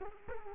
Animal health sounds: mosquito wingbeat signal from an infrared sensor; Culex quinquefasciatus

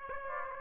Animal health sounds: mosquito wingbeat signal from an infrared sensor; Aedes aegypti

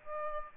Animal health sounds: mosquito wingbeat signal from an infrared sensor; Aedes aegypti

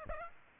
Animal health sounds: mosquito wingbeat signal from an infrared sensor; Aedes aegypti

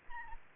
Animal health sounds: mosquito wingbeat signal from an infrared sensor; Aedes aegypti

